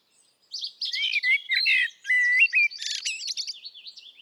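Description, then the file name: Common blackbird delivering one continuous phrase of mellow, wavering whistles that dissolves into a quick, thin, high-pitched twitter. "Turdus merula"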